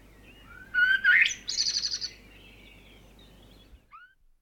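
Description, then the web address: Bird song: a sharp rising whistled phrase followed by a fast buzzy trill, then two faint short upslurred notes. Birds in the morning, countryside sounds. "Geraeusche Auf dem Land vögel am morgen"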